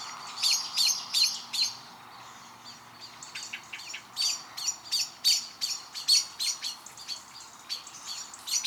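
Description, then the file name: Common blackbird giving hard, clicking chink calls in quick bursts, with a short lull before a longer, denser series. "Turdus merula"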